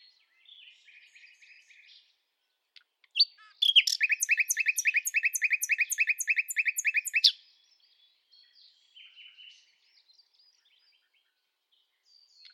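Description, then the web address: Bird song with soft twitters, then a long, steady trill of many rapid repeated notes lasting several seconds, followed by quieter chirping. "Deverinetal 2025 File origin Bird Only"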